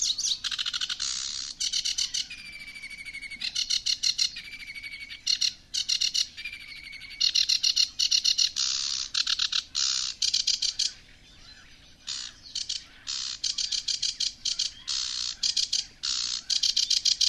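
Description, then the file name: Bird twittering: dense high chirps and buzzy trills in uneven bursts with brief gaps. A steady whistled note runs through some phrases. "sebetanie ptic"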